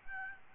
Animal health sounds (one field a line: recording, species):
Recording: mosquito wingbeat signal from an infrared sensor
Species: Aedes albopictus